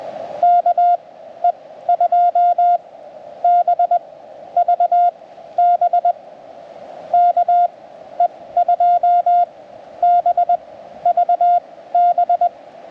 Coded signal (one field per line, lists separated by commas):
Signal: Morse code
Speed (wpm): 20 wpm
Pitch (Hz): 700 Hz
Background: none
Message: KE2BVB KE2BVB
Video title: First Time CQ on CW!